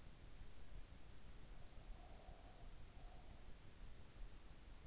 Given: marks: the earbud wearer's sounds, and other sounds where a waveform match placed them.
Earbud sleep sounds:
sounds in sleep by an in-ear microphone; breath
1.28-4.05 s: breath

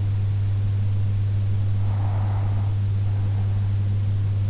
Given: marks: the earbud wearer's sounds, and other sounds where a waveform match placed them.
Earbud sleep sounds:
sounds in sleep by an in-ear microphone; breath
1.65-3.65 s: breath

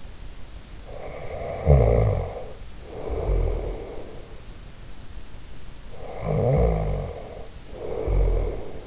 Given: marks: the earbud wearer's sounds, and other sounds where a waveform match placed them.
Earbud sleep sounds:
sounds in sleep by an in-ear microphone; snoring breath
0.75-4.30 s: snoring breath
5.78-8.87 s: snoring breath

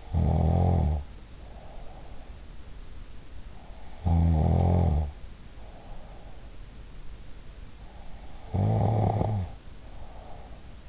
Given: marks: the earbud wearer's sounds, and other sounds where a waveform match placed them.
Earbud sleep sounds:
sounds in sleep by an in-ear microphone; snoring breath
0.00-2.48 s: snoring breath
4.00-6.65 s: snoring breath
8.41-10.89 s: snoring breath

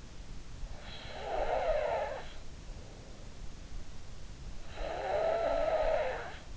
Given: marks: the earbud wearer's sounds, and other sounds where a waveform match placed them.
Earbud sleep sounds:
sounds in sleep by an in-ear microphone; snoring breath
0.77-2.45 s: snoring breath
4.80-6.46 s: snoring breath

